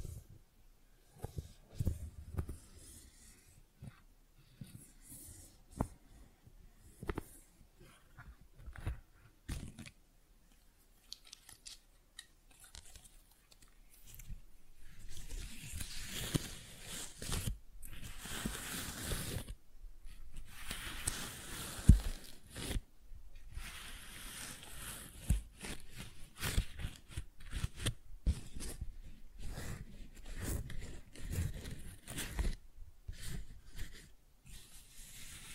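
Flowers are handled, giving soft crinkles, taps and rustles. For the first fourteen seconds the sounds come as scattered short crackles with quiet gaps; after that the rustling grows denser and more continuous, with brighter hissing swishes and occasional soft thumps.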